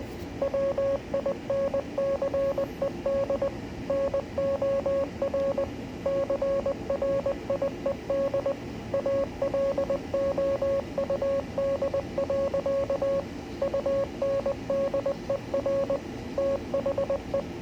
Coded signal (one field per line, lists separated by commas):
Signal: Morse code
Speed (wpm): 20 wpm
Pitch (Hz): 550 Hz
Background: radio noise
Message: WINCED NOR CRIED ALOUD. UNDER THE